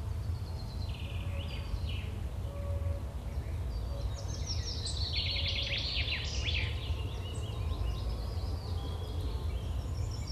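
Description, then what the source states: Birds calling with faint chips early, then a dense burst of sharp high chirps and trills midway, set against a constant low rumble. Birds chirping on a field with a farm nearby.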